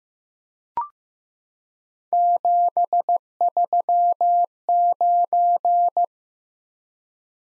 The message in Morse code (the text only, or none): 739